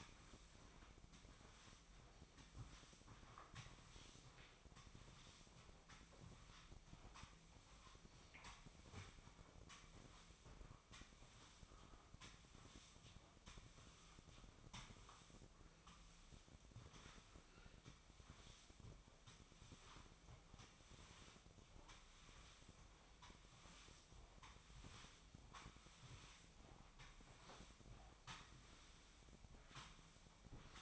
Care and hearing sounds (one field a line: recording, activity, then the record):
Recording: daily activity, microphone in the room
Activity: sweep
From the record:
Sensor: 1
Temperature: 24.4 degrees Celsius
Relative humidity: 39.3%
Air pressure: 1003.1 hPa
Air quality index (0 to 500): 197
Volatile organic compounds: 6 ppm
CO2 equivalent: 1887 ppm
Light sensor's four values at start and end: 15/38/16/19 and 16/38/16/19